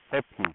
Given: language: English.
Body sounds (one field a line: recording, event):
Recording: throat vibration sensor signal played as sound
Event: speech